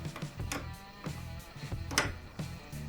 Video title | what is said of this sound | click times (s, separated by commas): Summer Start ஆயிடுச்சு! Servicing AC Cleaning At Home - How To Clean An AC | இது lock ஆயிடுச்சு so | 2.0 s